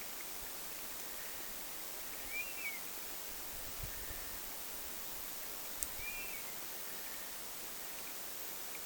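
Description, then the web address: Honey buzzard calling twice, soft whistles that rise slightly then fall, about four seconds apart against steady background hiss. Calls recorded on 27 August 2026. "paivat 27 8 2026 mehilaishaukan aania"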